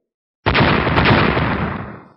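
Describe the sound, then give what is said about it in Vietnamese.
A loud explosion from an ancient well bursts in abruptly after a brief silence, a dense roaring blast that holds for over a second before slowly fading out, with no voices. “Một tiếng lại một tiếng nổ phát ra, giếng cổ dường như có thứ gì đó sắp xuất hiện, không ngừng tấn công vách giếng, làm cho Đại Nguyệt Pha chấn động, núi sông rung chuyển mãnh liệt.”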